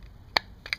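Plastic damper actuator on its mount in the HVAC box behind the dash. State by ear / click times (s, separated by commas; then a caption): released / 0.4 s. A plastic damper actuator on its mount in the HVAC box behind the dash of a Toyota FJ Cruiser is pried off by bending its retaining tab with a screwdriver while pushing. A sharp plastic pop sounds at 0.4 s, followed by two softer clicks around 0.7 s. The actuator comes off its mount.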